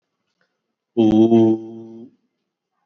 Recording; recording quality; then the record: sustained vowel as in boot; excellent, no background noise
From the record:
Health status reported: COVID-19 positive, mild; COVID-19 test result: positive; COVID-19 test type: RT-PCR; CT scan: taken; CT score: 22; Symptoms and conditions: cough, cold, sore throat, fever, fatigue, muscle pain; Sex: male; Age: 45 years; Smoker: no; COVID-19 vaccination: both doses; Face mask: worn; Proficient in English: yes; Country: India